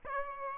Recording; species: mosquito wingbeat signal from an infrared sensor; Aedes albopictus